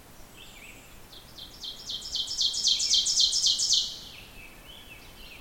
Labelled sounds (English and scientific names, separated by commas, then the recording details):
Ovenbird (Seiurus aurocapilla) song
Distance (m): 10 m
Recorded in boreal forest in Alberta, Canada, on 14 June 2016 at 06:03
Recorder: SongMeter 3, array SBT-3-33
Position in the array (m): 108 m, 20 m
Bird 21